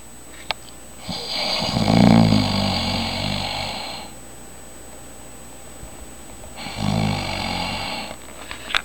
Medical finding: Snore.